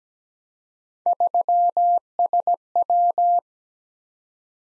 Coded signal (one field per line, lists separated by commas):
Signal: Morse code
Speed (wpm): 17 wpm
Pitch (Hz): 700 Hz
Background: none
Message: 3SW